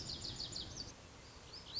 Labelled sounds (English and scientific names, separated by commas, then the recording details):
Lazuli Bunting (Passerina amoena)
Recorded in Sonoma County, California